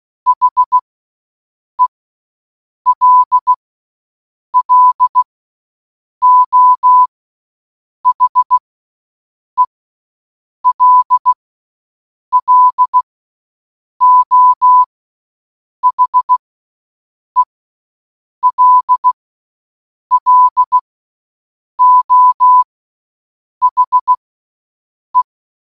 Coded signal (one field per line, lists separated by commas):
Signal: Morse code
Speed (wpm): 16 wpm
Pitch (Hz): 1000 Hz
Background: none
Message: HELLO HELLO HELLO HE